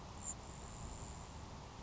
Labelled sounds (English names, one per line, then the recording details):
Grasshopper Sparrow
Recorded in Sonoma County, California